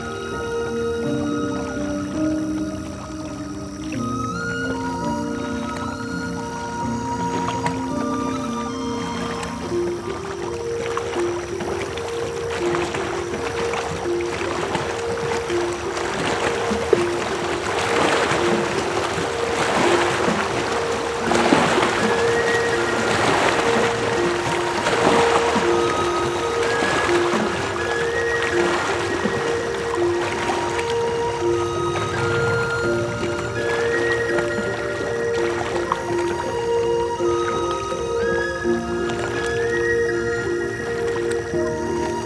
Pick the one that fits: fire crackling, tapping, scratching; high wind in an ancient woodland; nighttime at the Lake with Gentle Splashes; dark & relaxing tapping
nighttime at the Lake with Gentle Splashes